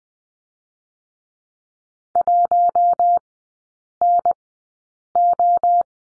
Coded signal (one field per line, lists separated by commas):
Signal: Morse code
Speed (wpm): 20 wpm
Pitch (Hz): 700 Hz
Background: none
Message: 1NO